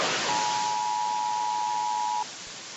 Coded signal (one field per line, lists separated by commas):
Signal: Emergency Alert System (SAME) tones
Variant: 853 and 960 Hz attention tone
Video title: Every EAS video I've made (so far)